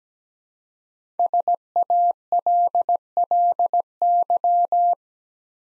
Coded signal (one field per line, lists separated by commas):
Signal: Morse code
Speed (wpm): 17 wpm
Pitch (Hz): 700 Hz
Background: none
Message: SALLY